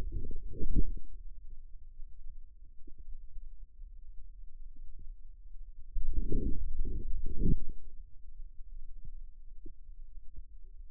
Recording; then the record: forearm muscle sounds (acoustic myography)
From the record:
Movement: outward rotation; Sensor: system 2, bracelet of six BSWA MPA416 microphones around the upper forearm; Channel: 6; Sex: male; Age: 22 years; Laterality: right